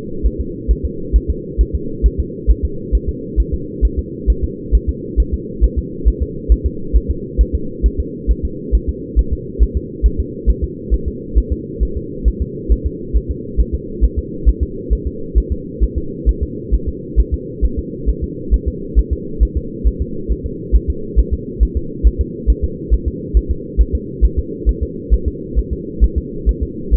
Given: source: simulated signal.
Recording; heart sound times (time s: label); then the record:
fetal heart sounds
0.26 s: S1
0.41 s: S2
0.71 s: S1
0.85 s: S2
1.16 s: S1
1.30 s: S2
1.61 s: S1
1.75 s: S2
2.06 s: S1
2.20 s: S2
2.50 s: S1
2.65 s: S2
2.95 s: S1
3.09 s: S2
3.40 s: S1
3.54 s: S2
3.85 s: S1
3.99 s: S2
4.30 s: S1
4.44 s: S2
4.75 s: S1
4.89 s: S2
5.20 s: S1
5.34 s: S2
5.64 s: S1
5.79 s: S2
6.08 s: S1
6.23 s: S2
6.52 s: S1
6.66 s: S2
6.96 s: S1
7.11 s: S2
7.41 s: S1
7.55 s: S2
7.86 s: S1
8.00 s: S2
8.31 s: S1
8.45 s: S2
8.75 s: S1
8.89 s: S2
9.19 s: S1
9.33 s: S2
9.62 s: S1
9.77 s: S2
10.06 s: S1
10.20 s: S2
10.50 s: S1
10.64 s: S2
10.94 s: S1
11.08 s: S2
11.38 s: S1
11.53 s: S2
11.83 s: S1
11.97 s: S2
12.28 s: S1
12.42 s: S2
12.72 s: S1
12.87 s: S2
13.16 s: S1
13.31 s: S2
13.60 s: S1
13.75 s: S2
14.04 s: S1
14.19 s: S2
14.49 s: S1
14.63 s: S2
14.93 s: S1
15.07 s: S2
15.38 s: S1
15.52 s: S2
15.84 s: S1
15.98 s: S2
16.29 s: S1
16.43 s: S2
16.74 s: S1
16.89 s: S2
17.20 s: S1
17.34 s: S2
17.65 s: S1
17.79 s: S2
18.09 s: S1
18.24 s: S2
18.54 s: S1
18.68 s: S2
18.99 s: S1
19.13 s: S2
19.43 s: S1
19.57 s: S2
19.87 s: S1
20.02 s: S2
20.31 s: S1
20.46 s: S2
20.75 s: S1
20.90 s: S2
21.19 s: S1
21.34 s: S2
21.63 s: S1
21.77 s: S2
22.07 s: S1
22.21 s: S2
22.50 s: S1
22.64 s: S2
22.94 s: S1
23.08 s: S2
23.37 s: S1
23.51 s: S2
23.81 s: S1
23.95 s: S2
24.25 s: S1
24.39 s: S2
24.69 s: S1
24.83 s: S2
25.14 s: S1
25.28 s: S2
25.59 s: S1
25.73 s: S2
26.04 s: S1
26.18 s: S2
26.49 s: S1
26.63 s: S2
26.94 s: S1
From the record:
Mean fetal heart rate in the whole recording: 135 bpm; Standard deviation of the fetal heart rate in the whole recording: 3 bpm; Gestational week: 34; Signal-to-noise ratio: -4.3 dB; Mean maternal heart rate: 72 bpm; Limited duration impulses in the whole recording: absent